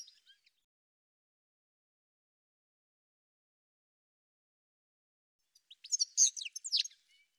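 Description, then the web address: Bird song: a faint chirp at the start, a long silence, then a brief tumbling burst of high, sharp twittering notes near the end. "cianscape birddata"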